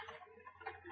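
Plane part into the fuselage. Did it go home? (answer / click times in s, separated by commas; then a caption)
no / none. A part of an FMS 1400mm Kingfisher foam RC plane is handled and pushed onto the fuselage during the build, producing soft, irregular tapping and rustling sounds. Nothing has seated or clicked into place yet.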